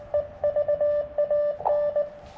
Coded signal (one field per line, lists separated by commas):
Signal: Morse code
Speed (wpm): 21 wpm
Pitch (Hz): 600 Hz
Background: none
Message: EVAN